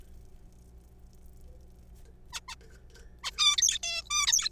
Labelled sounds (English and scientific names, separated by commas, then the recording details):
Zebra Finch (Taeniopygia guttata)
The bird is a juvenile
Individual R3428